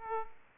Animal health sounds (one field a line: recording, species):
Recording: mosquito wingbeat signal from an infrared sensor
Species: Aedes aegypti